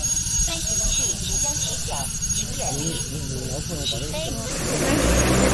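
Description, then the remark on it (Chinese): A large crop-spraying drone, about 1.5 metres across, takes off beside rice paddies in Shangzhuang Town, Haidian District, for a crop-protection spraying demonstration. Its motors drone steadily under overlapping voices, then the roar swells into a louder, rushing blast of noise and strong wind at the end as it lifts off. “随着巨大的轰鸣声和一阵疾风，无人机顺利起飞并开始进行飞防作业。”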